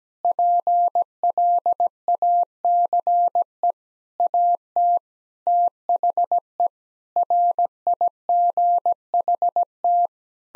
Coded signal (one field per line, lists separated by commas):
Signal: Morse code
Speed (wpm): 17 wpm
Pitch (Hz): 700 Hz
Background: none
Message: PLACE AT THE RIGHT